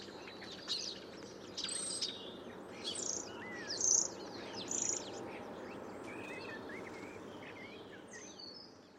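Common starling giving a jumble of whistles, squeaks and clicks, with short slurred notes and a few louder bursts, over a steady low background rumble.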